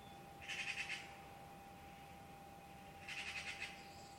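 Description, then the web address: Bird giving two brief bursts of fast, pulsed chatter about two and a half seconds apart, with a constant steady tone underneath. "Deverinetal 2025. Bird Only"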